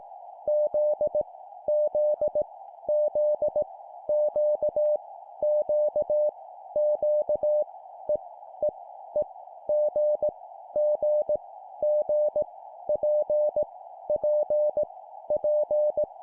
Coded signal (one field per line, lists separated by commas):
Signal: Morse code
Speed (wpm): 18 wpm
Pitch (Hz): 600 Hz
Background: none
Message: Z Z Z Q Q Q E E E G G G P P P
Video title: 17wpm Repeat three times Random Letter, cw morse code